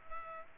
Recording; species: mosquito wingbeat signal from an infrared sensor; Culex pipiens